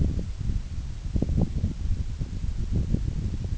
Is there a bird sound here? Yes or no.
no